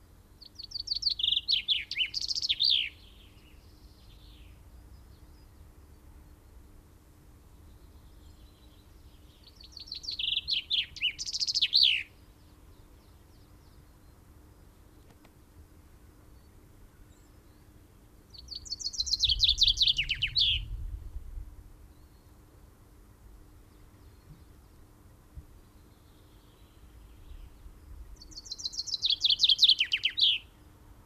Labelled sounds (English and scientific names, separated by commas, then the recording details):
Common Chaffinch (Fringilla coelebs) song
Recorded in the wild
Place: Garmisch-Partenkirchen (Gschwandnerbauer), Bayern, DE
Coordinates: 47.4944, 11.1631
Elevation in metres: 1023
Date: 1969-04-12
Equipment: Uher 4000 Report
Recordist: Tretzel, Erwin